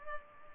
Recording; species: mosquito wingbeat signal from an infrared sensor; Culex pipiens